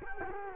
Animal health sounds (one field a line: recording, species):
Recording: mosquito wingbeat signal from an infrared sensor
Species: Culex quinquefasciatus